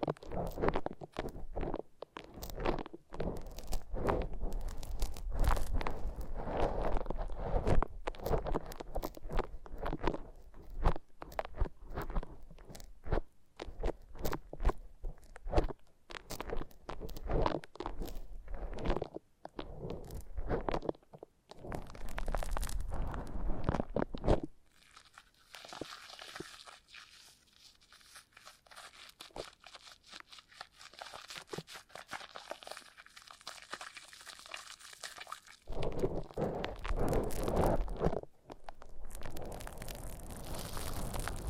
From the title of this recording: Foam Massage